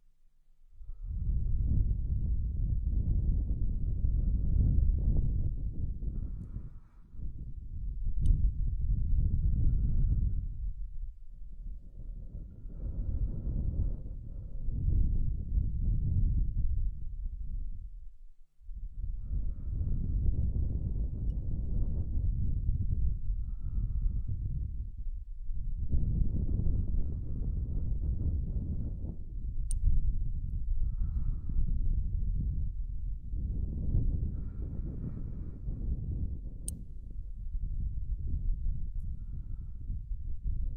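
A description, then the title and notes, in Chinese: Slow, soothing breaths blown out in long, low, rushing waves, each swelling and fading over several seconds with brief dips between them. The sound stays dark and muffled, with faint higher clicks now and then, around 8, 30 and 37 seconds. 舒缓吹气，睡眠呼吸。这就是一个再正常不过的呼吸、吹气声。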